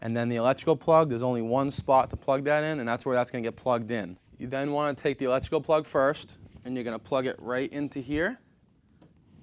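Someone talks while handling the electrical plug of an Infinity IT-8500 massage chair at its single socket underneath the chair base. Speech fills the clip until about 8.3 s, followed by quiet. Nothing has seated or clicked yet.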